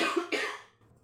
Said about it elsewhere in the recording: I'm still kind of sick, so if you hear the coughing.